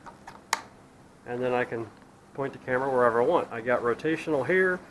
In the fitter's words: GoPros just click right into it